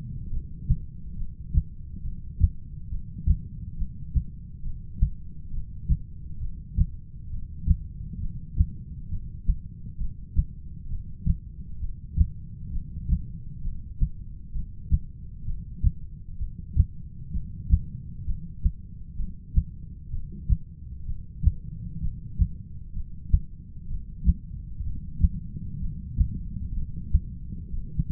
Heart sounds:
heart sounds by stethoscope; 66 bpm
0.32 s: heartbeat
1.18 s: heartbeat
2.04 s: heartbeat
2.91 s: heartbeat
3.78 s: heartbeat
4.64 s: heartbeat
5.52 s: heartbeat
6.41 s: heartbeat
7.31 s: heartbeat
8.21 s: heartbeat
9.10 s: heartbeat
9.99 s: heartbeat
10.90 s: heartbeat
11.81 s: heartbeat
12.73 s: heartbeat
13.63 s: heartbeat
14.54 s: heartbeat
15.46 s: heartbeat
16.40 s: heartbeat
17.33 s: heartbeat
18.26 s: heartbeat
19.18 s: heartbeat
20.12 s: heartbeat
21.07 s: heartbeat
22.02 s: heartbeat
22.95 s: heartbeat
23.89 s: heartbeat
24.84 s: heartbeat
25.81 s: heartbeat
26.75 s: heartbeat
27.72 s: heartbeat
From the record:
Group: heart failure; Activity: rest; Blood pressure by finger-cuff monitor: 111/72 mmHg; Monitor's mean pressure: 86 mmHg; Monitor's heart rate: 67 bpm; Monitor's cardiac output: 7.2 L/min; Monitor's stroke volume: 109 mL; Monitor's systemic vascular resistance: 870 dyn s/cm5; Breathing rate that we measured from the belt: 13 breaths a minute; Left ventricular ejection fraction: 25%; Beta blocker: metoprolol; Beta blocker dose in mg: 62.5 twice daily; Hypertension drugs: ramipril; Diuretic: furosemide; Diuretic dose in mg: 40 twice daily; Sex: male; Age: 57 years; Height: 180 cm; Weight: 90.5 kg

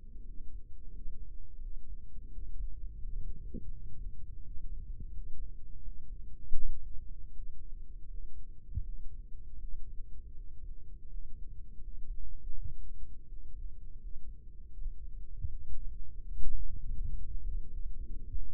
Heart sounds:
heart sounds by microphone in the right ear; 83 bpm
0.22 s: heartbeat
0.88 s: heartbeat
1.58 s: heartbeat
2.29 s: heartbeat
2.96 s: heartbeat
3.67 s: heartbeat
4.40 s: heartbeat
5.10 s: heartbeat
5.81 s: heartbeat
6.55 s: heartbeat
7.31 s: heartbeat
8.06 s: heartbeat
8.80 s: heartbeat
9.55 s: heartbeat
10.32 s: heartbeat
11.06 s: heartbeat
11.78 s: heartbeat
12.52 s: heartbeat
13.25 s: heartbeat
13.96 s: heartbeat
14.70 s: heartbeat
15.45 s: heartbeat
16.22 s: heartbeat
16.95 s: heartbeat
17.67 s: heartbeat
18.39 s: heartbeat
From the record:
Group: healthy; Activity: rest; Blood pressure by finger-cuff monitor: 102/68 mmHg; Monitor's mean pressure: 76 mmHg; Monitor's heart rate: 81 bpm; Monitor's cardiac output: 5.7 L/min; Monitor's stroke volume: 70 mL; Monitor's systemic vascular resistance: 970 dyn s/cm5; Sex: male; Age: 22 years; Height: 181 cm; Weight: 60 kg

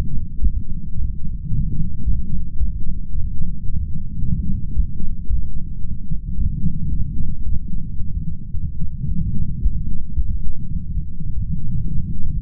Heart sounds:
heart sounds by stethoscope; 111 bpm
0.41 s: heartbeat
0.95 s: heartbeat
1.50 s: heartbeat
2.04 s: heartbeat
2.58 s: heartbeat
3.12 s: heartbeat
3.66 s: heartbeat
4.20 s: heartbeat
4.74 s: heartbeat
5.28 s: heartbeat
5.82 s: heartbeat
6.36 s: heartbeat
6.90 s: heartbeat
7.44 s: heartbeat
7.98 s: heartbeat
8.52 s: heartbeat
9.07 s: heartbeat
9.61 s: heartbeat
10.15 s: heartbeat
10.69 s: heartbeat
11.24 s: heartbeat
11.78 s: heartbeat
12.32 s: heartbeat
From the record:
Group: healthy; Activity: light exercise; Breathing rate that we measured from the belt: 24 breaths a minute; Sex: male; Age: 35 years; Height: 180 cm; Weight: 86.9 kg

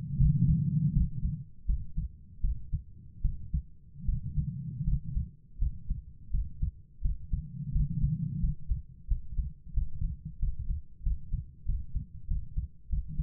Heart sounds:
heart sounds by stethoscope; 85 bpm
0.17 s: heartbeat
0.92 s: heartbeat
1.65 s: heartbeat
2.40 s: heartbeat
3.21 s: heartbeat
4.04 s: heartbeat
4.83 s: heartbeat
5.57 s: heartbeat
6.30 s: heartbeat
7.00 s: heartbeat
7.71 s: heartbeat
8.39 s: heartbeat
9.06 s: heartbeat
9.73 s: heartbeat
10.38 s: heartbeat
11.02 s: heartbeat
11.64 s: heartbeat
12.27 s: heartbeat
12.88 s: heartbeat
From the record:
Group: healthy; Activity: rest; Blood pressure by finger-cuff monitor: 127/70 mmHg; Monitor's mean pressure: 94 mmHg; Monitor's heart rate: 81 bpm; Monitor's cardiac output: 7.2 L/min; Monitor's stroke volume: 86 mL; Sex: female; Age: 32 years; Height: 172 cm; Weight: 71.7 kg

